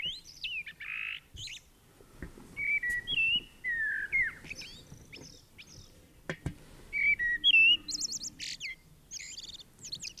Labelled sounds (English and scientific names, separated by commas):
Common Blackbird (Turdus merula) song